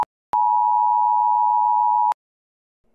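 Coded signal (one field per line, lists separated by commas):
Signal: Emergency Alert System (SAME) tones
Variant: 853 and 960 Hz attention tone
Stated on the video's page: Fictional nuclear attack EAS scenario, not real; tones may be valid and are loud.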